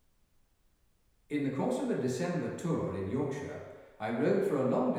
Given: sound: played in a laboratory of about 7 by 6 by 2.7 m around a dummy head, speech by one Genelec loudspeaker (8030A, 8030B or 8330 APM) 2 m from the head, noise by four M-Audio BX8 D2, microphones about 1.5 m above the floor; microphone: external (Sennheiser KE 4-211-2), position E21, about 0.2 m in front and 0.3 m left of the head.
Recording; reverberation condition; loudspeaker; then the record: male speech in English; high; 150 degrees to the left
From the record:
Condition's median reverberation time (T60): about 1300 ms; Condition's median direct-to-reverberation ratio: about -4.0 dB